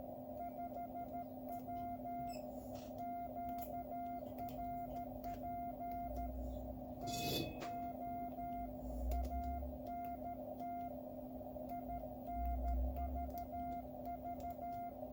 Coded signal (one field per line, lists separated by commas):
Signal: Morse code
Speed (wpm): 13 wpm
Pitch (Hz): 700 Hz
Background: none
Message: 5W QRP TO ANT INVV